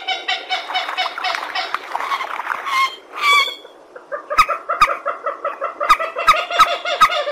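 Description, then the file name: Purple swamphen making dense cackling calls, a loud nasal honk midway, then a steady series of repeated clucking notes. "tieng trich re keu"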